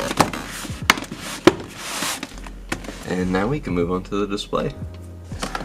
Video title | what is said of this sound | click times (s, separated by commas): Install Wireless CarPlay Android Auto in Toyota Land Cruiser 2019-2021 - Complete Guide VLine LEX9T | will snap right in, just like the driver's side. | 0.9 s, 1.5 s